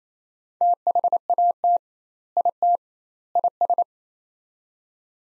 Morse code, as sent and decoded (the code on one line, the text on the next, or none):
- .... .- - / .. - / .. ...
THAT IT IS